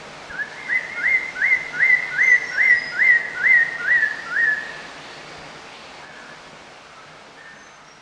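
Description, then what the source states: Chestnut-hooded laughingthrush giving a rapid, even run of clear upslurred whistles, stopping after about four and a half seconds, followed by quiet background. Recorded at Danum on 1 March 2008.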